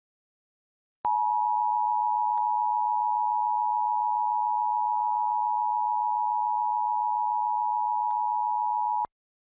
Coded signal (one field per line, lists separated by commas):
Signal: Emergency Alert System (SAME) tones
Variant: 853 and 960 Hz attention tone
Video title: Pennsylvania RMT for February 2023 [EAS #185-194]